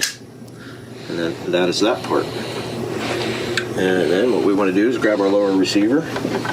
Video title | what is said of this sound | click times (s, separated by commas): MSM purveys BS from their Astral Plane - #GrandTheftWorld 199 (Clip) | and then it's ready to slide all the way through you'll hear it click | 0.0 s